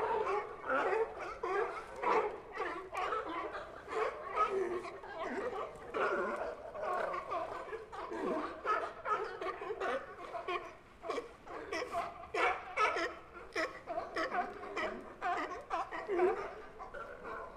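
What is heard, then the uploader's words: Sea lions bark and bellow without pause, a dense crowd of overlapping rough, honking calls from several animals at once. The barks come in quick bursts every fraction of a second, loud, with a steady chorus of calls underneath. Sea Lions at Pier 39. Listen to the loud sea lions fighting for their space on floating docks at Pier 39.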